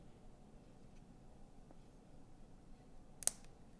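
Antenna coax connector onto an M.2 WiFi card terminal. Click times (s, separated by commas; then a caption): 3.2 s, 3.3 s. A small white coaxial antenna lead is pressed onto the terminal of an M.2 WiFi card inside a Dell XPS 15 (9580/9570/9560) laptop. After faint, soft taps over a quiet background, two sharp clicks sound at 3.2 s and 3.3 s, the second one louder, as the connector snaps into place and is seated.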